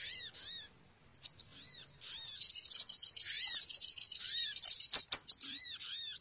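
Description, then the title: Birds in a dense chirping chorus, high rapid twitters running almost nonstop, with soft arched whistled notes repeating underneath. Noisy bird lure call for attracting birds. "Suara Pikat Burung Ribut"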